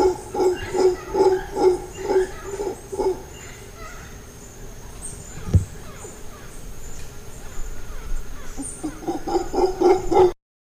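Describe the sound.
Howler monkey giving a pulsed series of hoarse grunting howls that fade midway, then build again toward the end.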